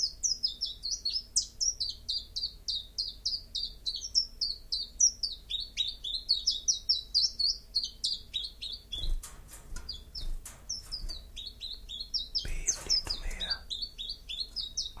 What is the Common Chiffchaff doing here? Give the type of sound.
song